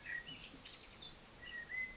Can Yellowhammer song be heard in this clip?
no